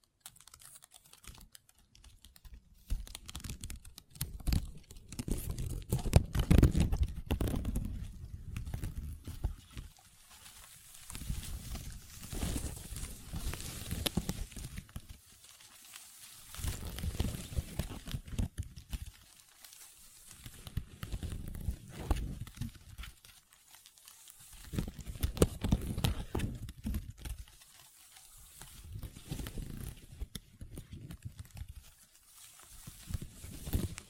Table Tapping & Scratching with Long Nails